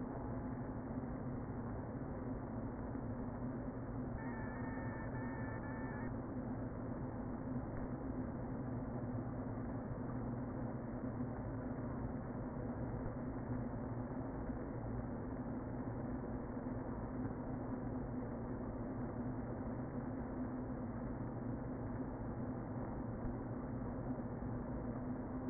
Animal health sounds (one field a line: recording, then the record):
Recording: honeybee colony, microphone inside the hive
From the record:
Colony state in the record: queen present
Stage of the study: before two queens were removed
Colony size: about 60,000 bees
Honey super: yes